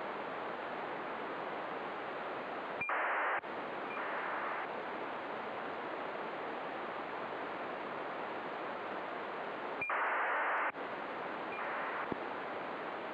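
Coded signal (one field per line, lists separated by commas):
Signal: ACARS aircraft data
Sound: constant radio hiss broken by two short, harsh, warbling data bursts about seven seconds apart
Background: radio static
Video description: Using the free program Acarsd 1.65 to decode acars messages sent to and from airplanes around Oslo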